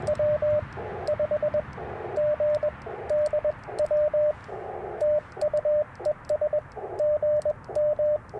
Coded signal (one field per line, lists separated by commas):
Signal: Morse code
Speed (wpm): 20 wpm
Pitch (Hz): 590 Hz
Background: radio noise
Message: W5GDW TUES GM